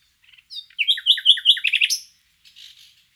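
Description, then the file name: Common nightingale song phrase: a few soft notes, then a quick run of sharp repeated chirps ending in a high note, with softer buzzy notes after. "Luscinia megarhynchos"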